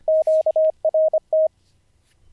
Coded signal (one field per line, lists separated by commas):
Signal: Morse code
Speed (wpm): 25 wpm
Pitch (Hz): 630 Hz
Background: none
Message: QRT